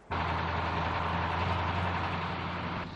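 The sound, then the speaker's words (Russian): An orange truck's engine drones steadily as it drives along an avenue in Moscow, a deep, even rumble with a low humming undertone and broad road noise, starting abruptly and holding constant with no voices. “Оранжевый грузовик мчит по одному из московских проспектов.”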